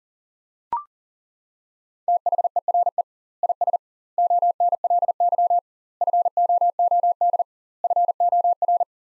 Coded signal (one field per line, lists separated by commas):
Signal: Morse code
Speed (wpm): 40 wpm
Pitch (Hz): 700 Hz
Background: none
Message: THERE IS ONLY FOOD FOR